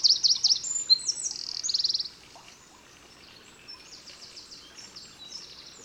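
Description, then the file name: Eurasian wren song: a loud burst of high, quick notes and buzzy trills over two seconds, followed by softer continued trilling phrases. "Troglodytes troglodytes"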